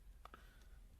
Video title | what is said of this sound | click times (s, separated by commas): How to upgrade RAM on Lenovo Yoga 730-15IKB (Super easy) | then you push down and it'll click in | 0.3 s